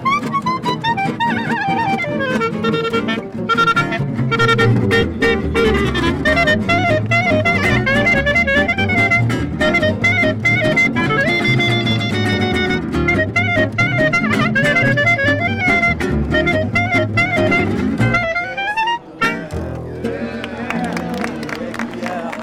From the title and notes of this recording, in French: Nuit Debout à Nantes Place du Bouffay.